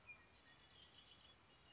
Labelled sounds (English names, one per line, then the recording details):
Red-winged Blackbird
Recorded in Sonoma County, California